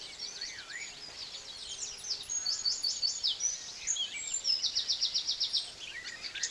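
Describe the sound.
Bird song of rapid high twitters and short trilled bursts repeated throughout.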